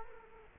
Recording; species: mosquito wingbeat signal from an infrared sensor; Culex quinquefasciatus